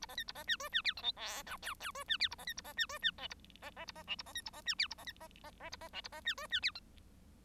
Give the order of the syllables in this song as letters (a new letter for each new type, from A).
A B C A B D E D F G H I J K K E D F A B C A B D E D L A B B A B L A B C A B D F A B C B B B A B L A B D E D F G